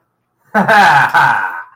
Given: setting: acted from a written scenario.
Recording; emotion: vocal sound without words; realization